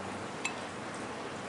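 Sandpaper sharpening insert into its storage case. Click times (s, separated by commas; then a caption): 0.4 s. A piece of a homemade sandpaper sharpening kit, measured beforehand, is pressed into its opened storage case, making a single short, bright clink at 0.5 s over a steady background hiss. It clicks into place correctly, showing the insert fits and works.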